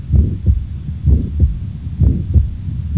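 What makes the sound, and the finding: Heart by stethoscope. Ventricular septal defect murmur.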